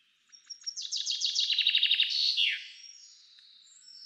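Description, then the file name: Common chaffinch song: a rapid series of bright notes descending into a trill with a sharp closing flourish, followed by faint high notes. "Fringilla coelebs"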